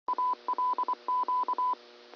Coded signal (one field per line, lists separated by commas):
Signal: Morse code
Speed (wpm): 24 wpm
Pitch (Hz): 1000 Hz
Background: none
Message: ALQ